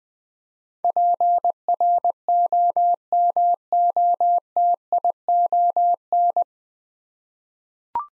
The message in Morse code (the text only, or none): PROMOTION